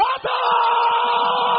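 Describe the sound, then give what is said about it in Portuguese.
A crowd of people, told to raise their hands, open their mouths and let out their cry, shouts together in one sustained, loud roar of mingled voices, a brief dip early on before the collective yelling swells and holds steady. “Levante a mão, abre a boca, solta teu grito.”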